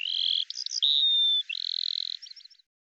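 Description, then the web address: Eurasian skylark song: a high, steady whistled tone, then a brief warbled burst, a long sliding note and another level whistle, ending in quick chirping notes that stop. "Deverinetal 2025 File cleaned normalized Bird Al Ar"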